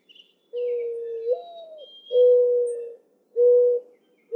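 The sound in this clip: Mourning dove giving its mournful coo, a rising first note then two or three even, low hoots, with faint high bird notes in the background.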